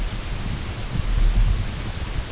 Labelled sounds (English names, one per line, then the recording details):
none
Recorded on Arctic tundra, site UTQI-8, on 14 June 2019
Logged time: 08:00